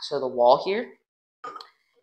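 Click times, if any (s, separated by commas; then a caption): 1.5 s. Someone talks, then a component of a Halloween animatronic is slid into its plastic snap-lock mount with the screw facing the back. A short burst of clicking and rattling follows, and the part snap-locks into place at 1.5 s.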